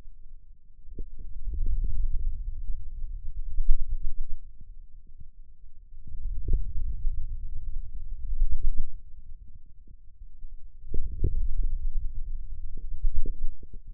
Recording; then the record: forearm muscle sounds (acoustic myography)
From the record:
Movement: wrist extension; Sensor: system 2, bracelet of six BSWA MPA416 microphones around the upper forearm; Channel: 1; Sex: male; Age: 22 years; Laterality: right